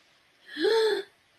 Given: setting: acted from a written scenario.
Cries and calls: vocal sound without words; distress

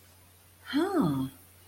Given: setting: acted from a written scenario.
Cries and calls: vocal sound without words; interest

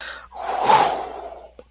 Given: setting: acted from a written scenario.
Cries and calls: vocal sound without words; elation

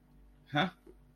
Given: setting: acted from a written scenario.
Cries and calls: vocal sound without words; interest

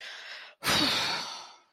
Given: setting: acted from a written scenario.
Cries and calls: vocal sound without words; relief

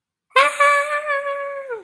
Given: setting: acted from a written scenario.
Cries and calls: vocal sound without words; fear

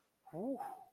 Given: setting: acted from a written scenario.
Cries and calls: vocal sound without words; relief

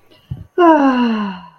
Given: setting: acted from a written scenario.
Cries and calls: vocal sound without words; serenity

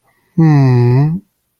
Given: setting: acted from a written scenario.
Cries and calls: vocal sound without words; sympathy

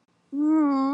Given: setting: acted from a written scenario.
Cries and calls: vocal sound without words; embarrassment

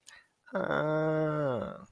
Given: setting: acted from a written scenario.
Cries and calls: vocal sound without words; interest

